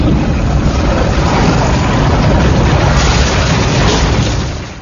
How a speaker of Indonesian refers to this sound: Mesin cetak sosis Maxindo tipe CS5VH membuat sosis untuk kebutuhan usaha dengan mudah dan efisien untuk membuat dan mencetak aneka kreasi sosis yang berkualitas. Dengan fitur dan keunggulan, desain kompak dan elegan, material stainless steel